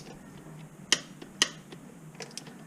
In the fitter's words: anyway, hear that clicking. So, we're at it. Okay.